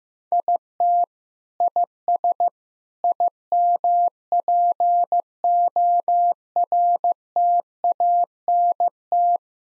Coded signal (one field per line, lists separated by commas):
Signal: Morse code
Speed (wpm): 16 wpm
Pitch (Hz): 700 Hz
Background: none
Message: IT IS IMPORTANT